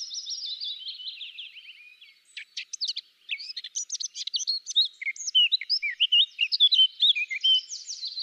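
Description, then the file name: Eurasian blackcap song opening with soft scratchy twitters, then a lively series of loud, clear, varied whistled notes continuing to the end. "Sylvia atricapilla"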